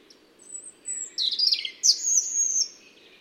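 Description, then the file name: European robin delivering high whistled notes: a thin sustained whistle, then twittering slurs that descend in pitch. "Erithacus rubecula"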